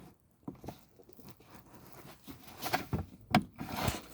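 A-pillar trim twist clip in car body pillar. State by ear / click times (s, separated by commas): seated / 3.3 s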